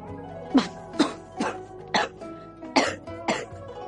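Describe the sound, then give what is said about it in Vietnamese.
A string of about seven short, dry warning coughs from afar, evenly spaced at roughly half-second intervals, each a brief harsh burst of moderate loudness with no voices around them. “Lại có tiếng ho nhắc nhở phía xa, Diễm Tuyết Cơ chột dạ xoay lưng chạy đi.”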